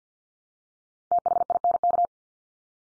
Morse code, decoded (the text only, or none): THINK